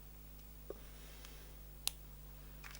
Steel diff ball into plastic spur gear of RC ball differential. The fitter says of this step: you hear them click in